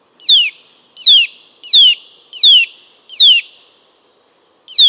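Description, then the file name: Eurasian nuthatch calling, six sharp notes in quick succession, each sliding down from high pitch. "Sitta europaea"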